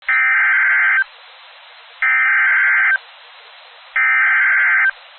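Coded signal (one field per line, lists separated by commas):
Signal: Emergency Alert System (SAME) tones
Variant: header bursts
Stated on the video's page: Real EAS tones from a Severe Thunderstorm Warning for Davie County, NC.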